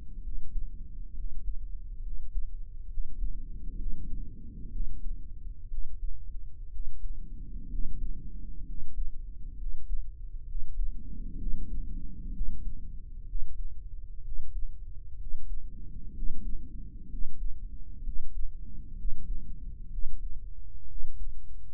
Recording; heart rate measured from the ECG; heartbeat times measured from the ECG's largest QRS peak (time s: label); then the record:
heart sounds by microphone in the right ear; 64 bpm
0.21 s: heartbeat
1.12 s: heartbeat
2.00 s: heartbeat
2.87 s: heartbeat
3.75 s: heartbeat
4.69 s: heartbeat
5.67 s: heartbeat
6.69 s: heartbeat
7.67 s: heartbeat
8.63 s: heartbeat
9.55 s: heartbeat
10.44 s: heartbeat
11.35 s: heartbeat
12.30 s: heartbeat
13.24 s: heartbeat
14.21 s: heartbeat
15.16 s: heartbeat
16.11 s: heartbeat
17.07 s: heartbeat
18.01 s: heartbeat
18.93 s: heartbeat
19.88 s: heartbeat
20.85 s: heartbeat
From the record:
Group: healthy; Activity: rest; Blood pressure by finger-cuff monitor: 128/72 mmHg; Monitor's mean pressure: 90 mmHg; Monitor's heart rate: 64 bpm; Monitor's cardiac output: 7.2 L/min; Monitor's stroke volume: 113 mL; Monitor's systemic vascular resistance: 930 dyn s/cm5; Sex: male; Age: 23 years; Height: 178 cm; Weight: 96.6 kg